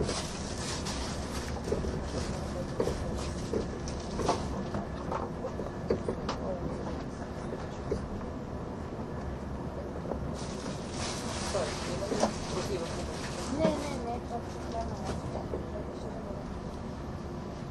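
A train runs on the Gotthard Base Tunnel route with a steady, dense low rumble throughout. Brief clicks and knocks recur every second or so, with a brighter hissing stretch between about 10 and 15 seconds. Faint voices murmur underneath.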